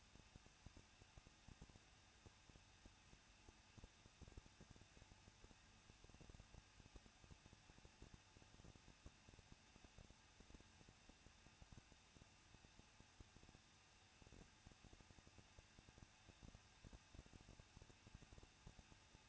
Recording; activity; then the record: daily activity, microphone in the room; no activity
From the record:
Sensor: 2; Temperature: 21.0 degrees Celsius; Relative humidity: 37.3%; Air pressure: 1006.2 hPa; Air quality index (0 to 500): 222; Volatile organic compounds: 24 ppm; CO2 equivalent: 2809 ppm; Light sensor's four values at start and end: 2/3/2/2 and 2/3/2/2